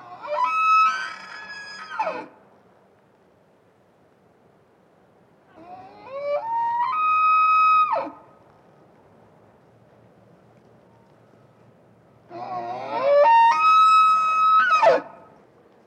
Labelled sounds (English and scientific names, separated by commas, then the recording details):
Wapiti (Cervus canadensis)
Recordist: Tembrock, Günter
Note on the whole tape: Hirsch: diverse Brunftrufe